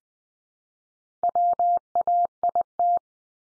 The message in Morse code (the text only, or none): WAIT